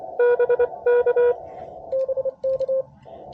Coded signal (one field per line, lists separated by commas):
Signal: Morse code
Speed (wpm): 29 wpm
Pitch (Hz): 530 Hz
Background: none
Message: BK BK